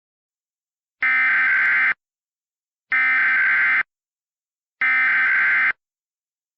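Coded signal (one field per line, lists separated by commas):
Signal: Emergency Alert System (SAME) tones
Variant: header bursts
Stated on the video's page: Fictional EAS scenario with valid Emergency Alert System tones, a simulated alert rather than a real broadcast.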